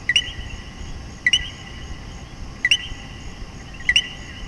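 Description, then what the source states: Common coquí giving four rising two-note co-qui calls roughly a second apart over soft constant hiss. Puerto Rico.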